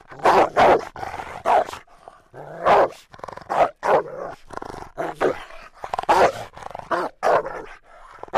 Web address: rottweiler